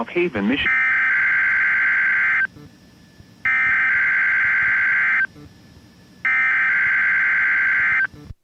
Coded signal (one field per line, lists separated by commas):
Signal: Emergency Alert System (SAME) tones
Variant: header bursts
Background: speech